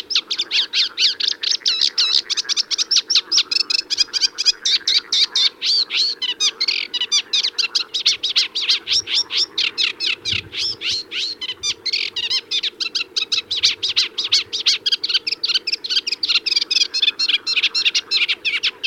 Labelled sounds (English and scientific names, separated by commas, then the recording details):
Sedge Warbler (Acrocephalus schoenobaenus) song
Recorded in the wild
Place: Anklam, Mecklenburg-Vorpommern, DE
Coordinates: 53.812, 13.861
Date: 1980-05-25 18:00
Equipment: Nagra III BH, Sennheiser MD 21, parabola
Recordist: Schubert, Michael